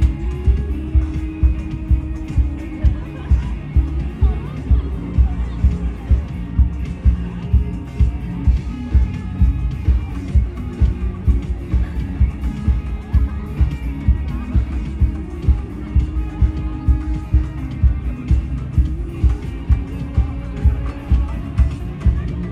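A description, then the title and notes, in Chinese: Live sound from a music festival: a heavy, booming bass beat thumps steadily about one and a half times per second for the whole clip. Chatter and crowd voices blend into the music, with no clear pauses or changes. 錄音來自2020年漂遊者音樂祭現場收音，是真的噪音。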